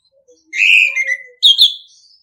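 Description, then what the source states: Orange-headed thrush song: a sustained falling whistle followed by a higher warbled phrase. Training recording (masteran) in the singing style called ngeplong.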